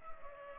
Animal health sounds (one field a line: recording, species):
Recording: mosquito wingbeat signal from an infrared sensor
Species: Culex pipiens